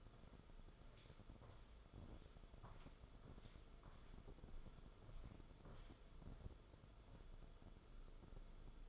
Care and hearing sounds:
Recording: daily activity, microphone in the room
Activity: walk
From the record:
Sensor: 5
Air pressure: 994.5 hPa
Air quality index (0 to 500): 178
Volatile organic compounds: 864 ppm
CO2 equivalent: 5181 ppm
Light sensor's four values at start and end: 12/31/12/13 and 12/30/12/13

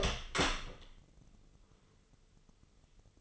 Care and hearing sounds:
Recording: daily activity, microphone in the room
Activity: open door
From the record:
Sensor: 4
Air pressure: 996.9 hPa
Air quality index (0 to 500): 69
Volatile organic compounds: 2 ppm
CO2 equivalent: 1258 ppm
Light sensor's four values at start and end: 18/43/17/17 and 18/42/17/17

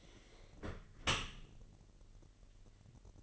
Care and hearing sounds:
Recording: daily activity, microphone in the room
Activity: close dishwasher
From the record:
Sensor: 4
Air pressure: 1001.4 hPa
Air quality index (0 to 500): 249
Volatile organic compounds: 44 ppm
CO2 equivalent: 3210 ppm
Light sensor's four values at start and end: 8/17/7/6 and 8/17/7/6

